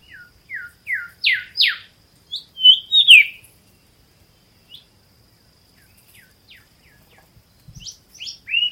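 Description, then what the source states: Golden Whistler calling: a run of four or five clear, down-slurred whistled chee notes, then a sharper whip-like phrase, with fainter scattered notes after. Recorded on Norfolk Island; call rendered as chee, chee, chee, chewit.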